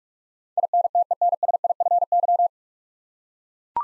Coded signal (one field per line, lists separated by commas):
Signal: Morse code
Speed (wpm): 43 wpm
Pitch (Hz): 700 Hz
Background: none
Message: INTENSIFY